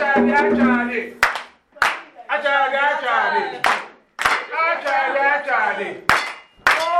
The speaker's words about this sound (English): Yeah, when I say Achadi, you clap.